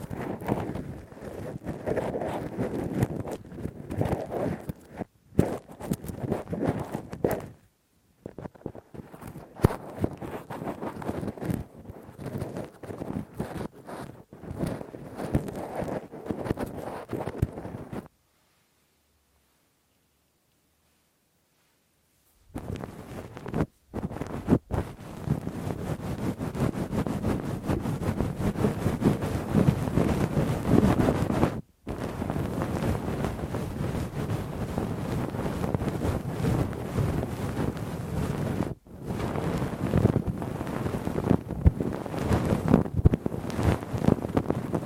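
Deep, rough scraping and rubbing of ear cleaning with a Q-tip and ear pick, a dense crackly rasp that surges and shifts constantly. Brief dropouts break it up near 5, 8, 32 and 39 seconds, and a longer silence runs from about 18 to 23 seconds.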